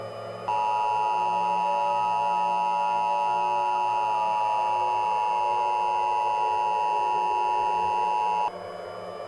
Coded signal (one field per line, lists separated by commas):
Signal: Emergency Alert System (SAME) tones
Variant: 853 and 960 Hz attention tone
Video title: Deleted Scene From Foxy Rates EAS Alarms Part 8 That Didnt Make The Cut